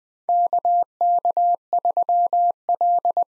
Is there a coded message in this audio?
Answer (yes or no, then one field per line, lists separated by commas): yes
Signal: Morse code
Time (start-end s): 0.3-3.2 s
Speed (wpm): 20 wpm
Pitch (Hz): 700 Hz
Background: none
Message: KK3L